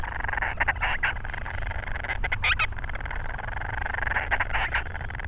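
Grant's storm petrel harsh chattering calls in short repeated bursts, layered over a constant churring background and low-frequency rumble.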